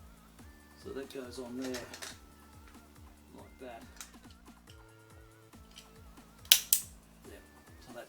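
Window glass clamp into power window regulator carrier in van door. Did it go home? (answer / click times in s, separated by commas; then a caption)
yes / 6.5 s, 6.7 s. On a W639 Mercedes Vito/Viano van door, the window glass clamp on a replacement power window regulator is pressed back onto the glass while someone talks over steady background music. Two sharp snaps at 6.5 s and 6.7 s mark the clamp seating in place on the regulator carrier.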